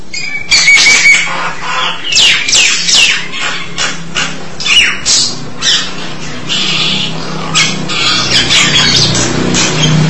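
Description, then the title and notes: Starling song, a varied run of rasping chatter, sliding whistles and scratchy notes in quick succession over a low background hum. "suara burung jalak"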